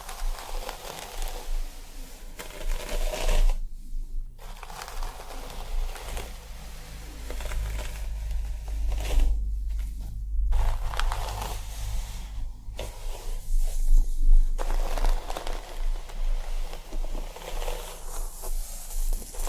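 Head massage and scalp scratching: dense, crinkly rubbing strokes with brief silent gaps near 4 and 10 seconds, over a steady low hum.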